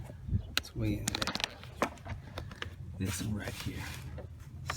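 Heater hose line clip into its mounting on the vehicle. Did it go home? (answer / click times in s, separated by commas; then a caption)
yes / 4.7 s. While reconnecting a heater core line during a heater core flush on a 2009 Toyota Sienna, someone talks as the line's plastic retaining clip is pushed into its mount on the vehicle, with scattered handling taps along the way. A sharp, short click at 4.7 s is the clip snapping into place, and the line is seated.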